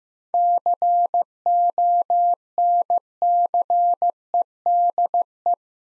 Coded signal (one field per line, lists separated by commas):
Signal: Morse code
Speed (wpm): 15 wpm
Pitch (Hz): 700 Hz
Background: none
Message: CONCEDE